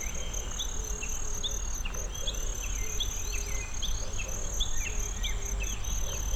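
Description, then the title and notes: Kinhibari cricket, a constant high trill with a pulsing upper band; birds chirp repeatedly, low tonal notes come and go, and a steady rumble sits below. Tsuruoka City; many other birds also audible; recorded with ZOOM F6 and Sennheiser MKH802. "鶴岡市のキンヒバリの声"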